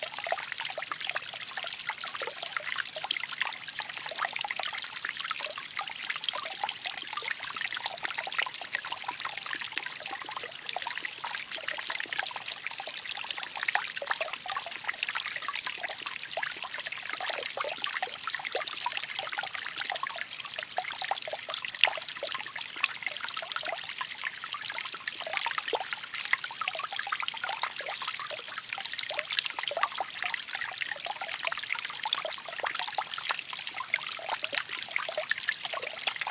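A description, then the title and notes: Water trickles steadily from a bamboo fountain, with falling rain adding a dense patter over the full 36 seconds. The sound stays bright and hissy, made of countless small splashes and drips, with little low rumble and no clear pauses or changes. Bamboo Water Fountain & Rain Ambience.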